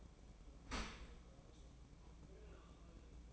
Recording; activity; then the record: daily activity, microphone in the room; open dishwasher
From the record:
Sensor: 1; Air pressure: 1012.4 hPa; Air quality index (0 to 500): 171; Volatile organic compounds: 3 ppm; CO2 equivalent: 1398 ppm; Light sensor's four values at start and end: 362/808/364/398 and 362/810/364/399